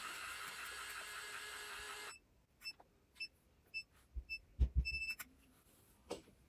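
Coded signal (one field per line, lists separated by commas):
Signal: beep code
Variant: automatic hair curler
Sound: motor hiss stops, then about four evenly spaced high beeps, then three quick beeps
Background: motor hiss, handling thumps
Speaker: Ça fait 5 bips et après 3 bips approchés et on peut relâcher.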